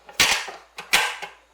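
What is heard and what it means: Two sharp, loud hits ring out at 0.2 s and 0.9 s, each with a fainter tick just before it, as the plastic lid of an Anko food processor is slid back on its bowl. The lid unlocks and is released from the bowl.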